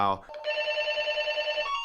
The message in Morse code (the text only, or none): none